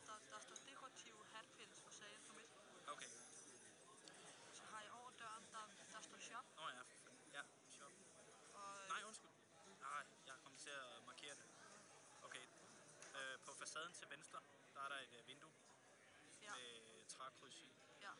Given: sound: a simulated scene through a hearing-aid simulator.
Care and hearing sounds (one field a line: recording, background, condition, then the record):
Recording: conversation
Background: cafeteria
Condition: +4 dB SNR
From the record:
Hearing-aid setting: IV (slow-acting compression, loudness normalization)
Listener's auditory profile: A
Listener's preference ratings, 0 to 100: 62, 74, 62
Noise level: 65 dB SPL